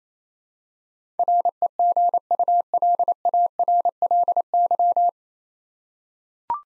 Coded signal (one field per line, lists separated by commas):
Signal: Morse code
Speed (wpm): 29 wpm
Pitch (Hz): 700 Hz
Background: none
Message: REGULARLY